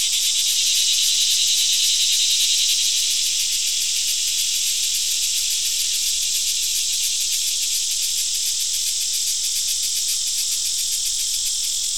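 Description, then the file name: Crickets chirping in a dense, high-pitched chorus, soft rapid pulses blending into a steady shimmering hiss throughout. "Digiffects Sound Effects Library - Crickets and a Cicada"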